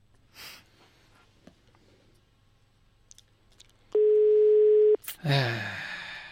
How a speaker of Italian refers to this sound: Squilla ma non risponde.